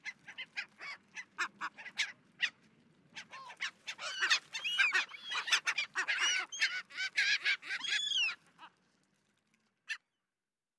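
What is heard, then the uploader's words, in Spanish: Dolphin gulls call in a loose group, sharp clipped notes at first, then from about 4 to 8 seconds a dense, overlapping run of ringing, squealing cries. A faint low rumble sits underneath, the calls break off near 8.5 seconds, and one last short note follows. La Gaviota Austral (Leucopaheus Scoresbii)- Ushuaia. Recorrido sonoro por Uahuaia y Lapataia - Tierra del Fuego - Argentina.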